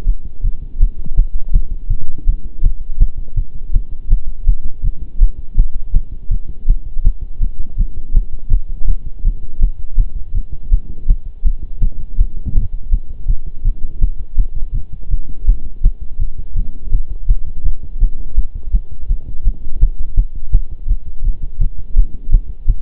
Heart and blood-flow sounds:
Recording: heart sounds by stethoscope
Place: between the tricuspid and mitral areas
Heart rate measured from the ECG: 165 bpm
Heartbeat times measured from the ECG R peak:
0.07 s: heartbeat
0.44 s: heartbeat
0.81 s: heartbeat
1.17 s: heartbeat
1.54 s: heartbeat
1.90 s: heartbeat
2.26 s: heartbeat
2.64 s: heartbeat
3.00 s: heartbeat
3.37 s: heartbeat
3.74 s: heartbeat
4.11 s: heartbeat
4.47 s: heartbeat
4.84 s: heartbeat
5.21 s: heartbeat
5.57 s: heartbeat
5.94 s: heartbeat
6.31 s: heartbeat
6.68 s: heartbeat
7.05 s: heartbeat
7.41 s: heartbeat
7.78 s: heartbeat
8.15 s: heartbeat
8.51 s: heartbeat
8.88 s: heartbeat
9.25 s: heartbeat
9.61 s: heartbeat
9.98 s: heartbeat
10.34 s: heartbeat
10.72 s: heartbeat
11.08 s: heartbeat
11.45 s: heartbeat
11.82 s: heartbeat
12.19 s: heartbeat
12.55 s: heartbeat
12.92 s: heartbeat
13.28 s: heartbeat
13.65 s: heartbeat
14.02 s: heartbeat
14.38 s: heartbeat
14.74 s: heartbeat
15.11 s: heartbeat
15.47 s: heartbeat
15.84 s: heartbeat
16.20 s: heartbeat
16.56 s: heartbeat
16.92 s: heartbeat
17.29 s: heartbeat
17.64 s: heartbeat
18.01 s: heartbeat
18.37 s: heartbeat
18.73 s: heartbeat
19.09 s: heartbeat
19.45 s: heartbeat
19.81 s: heartbeat
20.17 s: heartbeat
20.53 s: heartbeat
20.88 s: heartbeat
21.24 s: heartbeat
21.61 s: heartbeat
21.96 s: heartbeat
22.32 s: heartbeat
22.68 s: heartbeat
From the record:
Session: pedaling a stationary bicycle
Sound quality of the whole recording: partially saturated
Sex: male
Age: 23 years

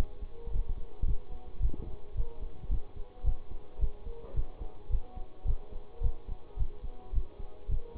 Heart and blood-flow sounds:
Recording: heart sounds by stethoscope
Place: between the tricuspid and mitral areas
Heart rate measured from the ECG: 109 bpm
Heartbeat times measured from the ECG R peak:
0.50 s: heartbeat
1.04 s: heartbeat
1.59 s: heartbeat
2.14 s: heartbeat
2.69 s: heartbeat
3.24 s: heartbeat
3.78 s: heartbeat
4.34 s: heartbeat
4.89 s: heartbeat
5.45 s: heartbeat
6.01 s: heartbeat
6.56 s: heartbeat
7.12 s: heartbeat
7.68 s: heartbeat
From the record:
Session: bicycle stress test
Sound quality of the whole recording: good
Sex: male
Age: 26 years

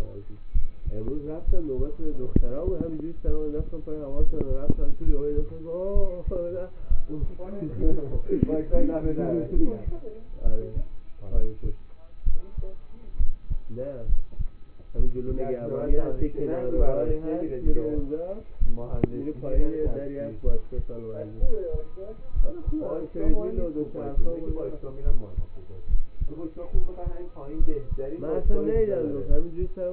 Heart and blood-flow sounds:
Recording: heart sounds by stethoscope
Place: between the tricuspid and mitral areas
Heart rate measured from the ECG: 67 bpm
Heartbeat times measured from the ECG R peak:
0.53 s: heartbeat
1.45 s: heartbeat
2.33 s: heartbeat
3.25 s: heartbeat
4.16 s: heartbeat
5.03 s: heartbeat
5.93 s: heartbeat
6.88 s: heartbeat
7.81 s: heartbeat
8.71 s: heartbeat
9.53 s: heartbeat
10.43 s: heartbeat
11.31 s: heartbeat
12.24 s: heartbeat
13.17 s: heartbeat
14.06 s: heartbeat
14.96 s: heartbeat
15.87 s: heartbeat
16.75 s: heartbeat
17.63 s: heartbeat
18.59 s: heartbeat
19.52 s: heartbeat
20.44 s: heartbeat
21.40 s: heartbeat
22.33 s: heartbeat
23.23 s: heartbeat
24.15 s: heartbeat
25.04 s: heartbeat
25.87 s: heartbeat
26.72 s: heartbeat
27.57 s: heartbeat
28.42 s: heartbeat
29.28 s: heartbeat
From the record:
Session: rest, lying down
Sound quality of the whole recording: partially saturated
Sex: male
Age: 27 years

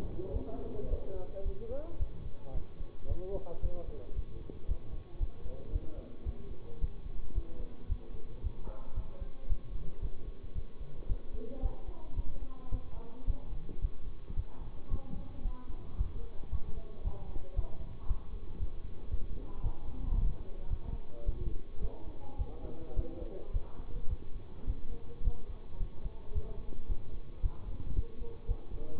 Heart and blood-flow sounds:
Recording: heart sounds by stethoscope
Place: between the tricuspid and mitral areas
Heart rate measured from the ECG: 111 bpm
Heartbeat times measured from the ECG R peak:
0.31 s: heartbeat
0.88 s: heartbeat
1.43 s: heartbeat
1.97 s: heartbeat
2.52 s: heartbeat
3.06 s: heartbeat
3.60 s: heartbeat
4.13 s: heartbeat
4.66 s: heartbeat
5.18 s: heartbeat
5.70 s: heartbeat
6.23 s: heartbeat
6.79 s: heartbeat
7.33 s: heartbeat
7.87 s: heartbeat
8.41 s: heartbeat
8.94 s: heartbeat
9.47 s: heartbeat
10.00 s: heartbeat
10.53 s: heartbeat
11.07 s: heartbeat
11.60 s: heartbeat
12.14 s: heartbeat
12.70 s: heartbeat
13.25 s: heartbeat
13.80 s: heartbeat
14.34 s: heartbeat
14.89 s: heartbeat
15.42 s: heartbeat
15.96 s: heartbeat
16.50 s: heartbeat
17.02 s: heartbeat
17.54 s: heartbeat
18.06 s: heartbeat
18.58 s: heartbeat
19.09 s: heartbeat
19.61 s: heartbeat
20.13 s: heartbeat
20.68 s: heartbeat
21.24 s: heartbeat
21.79 s: heartbeat
22.37 s: heartbeat
22.94 s: heartbeat
23.51 s: heartbeat
24.08 s: heartbeat
24.65 s: heartbeat
25.22 s: heartbeat
25.78 s: heartbeat
26.33 s: heartbeat
26.87 s: heartbeat
27.41 s: heartbeat
27.94 s: heartbeat
28.46 s: heartbeat
28.98 s: heartbeat
From the record:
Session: bicycle stress test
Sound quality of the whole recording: good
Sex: male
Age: 24 years

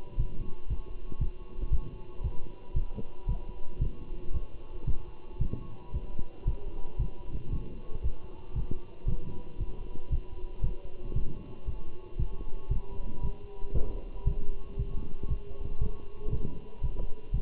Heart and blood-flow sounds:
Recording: heart sounds by stethoscope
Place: between the tricuspid and mitral areas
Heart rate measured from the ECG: 115 bpm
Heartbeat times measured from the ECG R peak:
0.19 s: heartbeat
0.70 s: heartbeat
1.21 s: heartbeat
1.73 s: heartbeat
2.24 s: heartbeat
2.76 s: heartbeat
3.29 s: heartbeat
3.81 s: heartbeat
4.34 s: heartbeat
4.87 s: heartbeat
5.41 s: heartbeat
5.94 s: heartbeat
6.47 s: heartbeat
7.00 s: heartbeat
7.52 s: heartbeat
8.04 s: heartbeat
8.56 s: heartbeat
9.08 s: heartbeat
9.60 s: heartbeat
10.12 s: heartbeat
10.64 s: heartbeat
11.16 s: heartbeat
11.67 s: heartbeat
12.19 s: heartbeat
12.71 s: heartbeat
13.23 s: heartbeat
13.75 s: heartbeat
14.27 s: heartbeat
14.79 s: heartbeat
15.30 s: heartbeat
15.82 s: heartbeat
16.33 s: heartbeat
16.83 s: heartbeat
17.34 s: heartbeat
From the record:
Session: walking at 3.7 km/h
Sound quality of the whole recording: good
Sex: male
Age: 27 years

